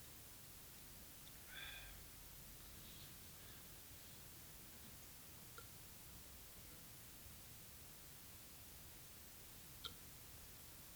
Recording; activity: daily activity, guitar pickup as the sensor; drink water